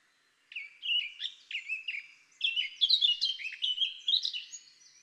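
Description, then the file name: Eurasian blackcap song: quick clusters of whistled, slurred notes growing denser and louder, delivered in short bursts after a brief silence. "Sylvia atricapilla"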